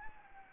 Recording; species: mosquito wingbeat signal from an infrared sensor; Anopheles gambiae